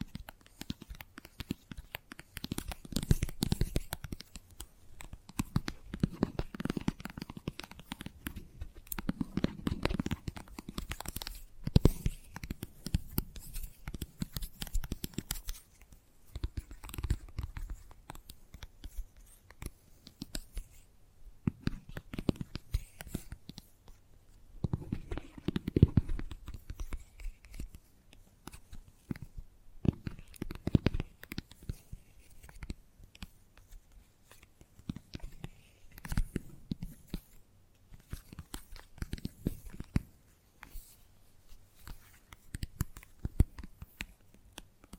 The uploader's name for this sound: ASMR Gentle Tapping